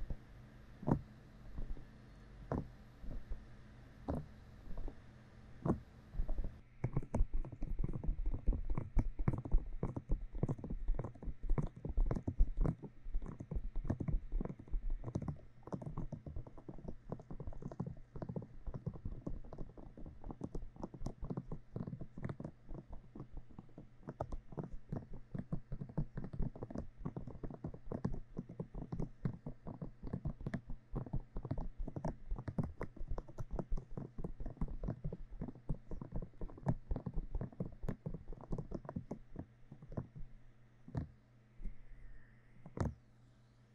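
Sticky aloe gel being worked into an ear in a close massage, full of wet clicks, squelches and muffled rubbing. Sparse taps open the first seven seconds, then a dense, fast stream of sticky pops runs steadily to the end, low and thumpy underneath.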